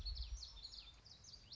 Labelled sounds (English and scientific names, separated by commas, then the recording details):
Common Yellowthroat (Geothlypis trichas)
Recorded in Sonoma County, California